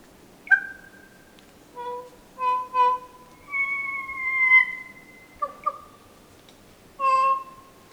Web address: sound kōkako